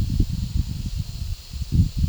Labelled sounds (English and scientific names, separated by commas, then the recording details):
none
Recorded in pastures near Puerto Asís, Putumayo, Colombia, on 18 December 2024 at 14:30
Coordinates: 0.497, -76.327
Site G088